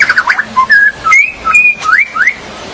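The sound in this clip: Magpie-robin or shama song: clear whistled notes, some rising and some sliding, given in short separate phrases with brief pauses.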